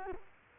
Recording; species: mosquito wingbeat signal from an infrared sensor; Culex quinquefasciatus